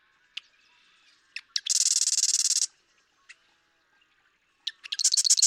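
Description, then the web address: Marsh Wren song: a few sharp ticking notes lead into a loud, rapid, buzzy rattle lasting about a second, then a second rattle begins near the end. "birdsongforthecurious Marsh Wren"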